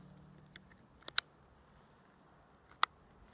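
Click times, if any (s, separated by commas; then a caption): 1.2 s, 2.8 s. An external antenna adapter for vehicle use is fitted onto an Iridium 9575 Extreme satellite phone, one side first and then the other, from right to left. After a few faint ticks, two loud sharp clicks land at 1.2 s and 2.8 s, and the adapter is seated on the phone.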